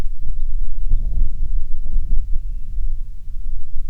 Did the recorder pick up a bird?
yes